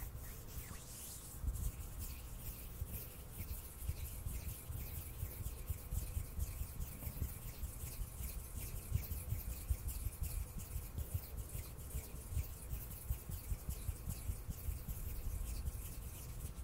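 Hands rub and scrape vigorously and without pause, a dense, fast stream of rough swishes and crisp little crackles. Strong low rumbling friction sits underneath the brighter scratchy detail, and the loudness stays fairly even across the whole stretch.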